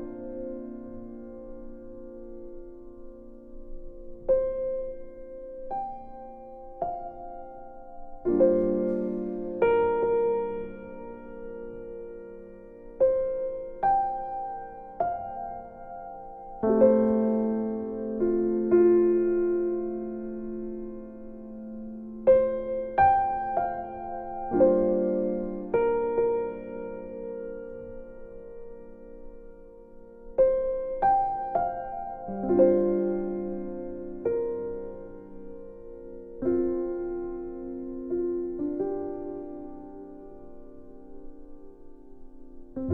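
A calm instrumental piece with struck, ringing notes that bloom and fade, like a piano played slowly in its middle and low range. Chords land every second or two, with fuller phrases returning around 8, 17, 25 and 33 seconds.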